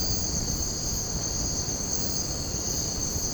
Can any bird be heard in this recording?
no